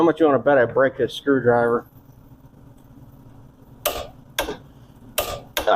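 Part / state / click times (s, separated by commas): torque wrench on a wheel bearing fastener / torque reached / 4.4 s, 5.6 s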